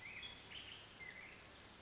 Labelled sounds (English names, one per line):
Black-headed Grosbeak